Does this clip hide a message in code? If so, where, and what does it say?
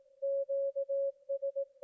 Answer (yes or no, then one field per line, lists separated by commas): yes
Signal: Morse code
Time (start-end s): 0.2-1.6 s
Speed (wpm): 18 wpm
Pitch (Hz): 550 Hz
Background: none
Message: QS